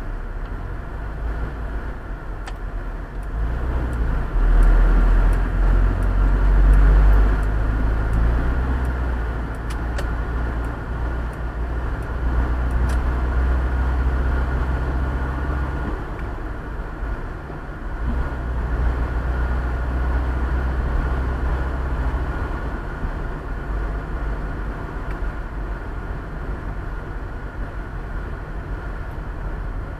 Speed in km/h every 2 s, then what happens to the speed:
32, 32, 35, 38, 43, 45, 47, 51, 51, 50, 51, 52, 51, 47, 43.
3-14 speeds up to 51. 14-24 steady at about 51. 24-30 slows to 43.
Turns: none.